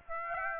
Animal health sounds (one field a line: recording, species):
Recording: mosquito wingbeat signal from an infrared sensor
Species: Aedes aegypti